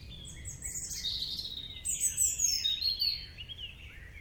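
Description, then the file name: European robin song, a high, thin warble of fast slurred notes, descending sweeps and sharp squeaks in two bursts, over faint low hiss. "Erithacus rubecula"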